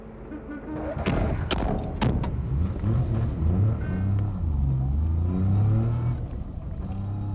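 Several sharp car-door slams land in quick succession as three people get into an M-ka car, then its engine starts and pulls away, its low droning hum rising and shifting in pitch as the car accelerates.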